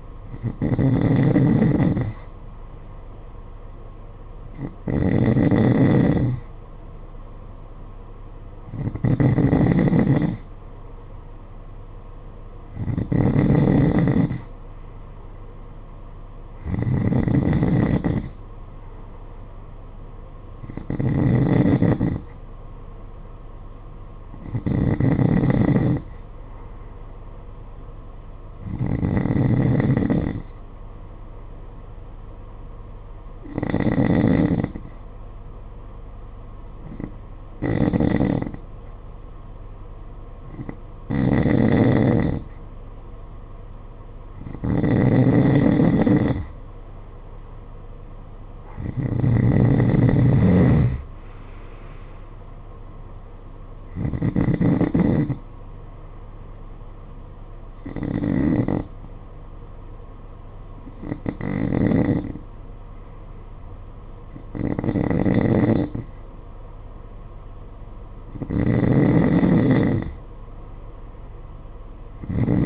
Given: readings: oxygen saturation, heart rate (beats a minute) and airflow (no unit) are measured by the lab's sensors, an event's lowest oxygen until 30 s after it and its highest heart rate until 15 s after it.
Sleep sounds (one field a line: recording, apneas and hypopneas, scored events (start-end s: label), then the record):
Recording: breathing in sleep by a smartphone at the bedside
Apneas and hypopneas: none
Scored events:
none scored
From the record:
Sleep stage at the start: N3 (deep sleep)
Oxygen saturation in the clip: 90 to 93%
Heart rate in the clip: 51 to 63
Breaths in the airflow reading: 17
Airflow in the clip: -12.7 to 14.0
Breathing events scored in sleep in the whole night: 476 in 9.7 hours asleep